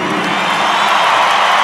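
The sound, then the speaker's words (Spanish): A concert crowd claps and cheers without pause, a dense, loud wash of applause mixed with scattered shouts and whoops that holds steady from start to finish. “Que mientras que ustedes no dejaran de aplaudir”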